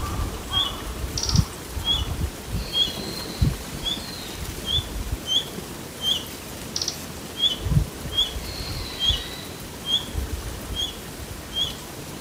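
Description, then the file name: Red-breasted Flycatcher calling with crisp, high, clicking notes in a steady, evenly spaced series, over background noise. Recorded in Okayama, Japan, on 29 January 2024. "nishiojirobitaki okayama mizushimamasami"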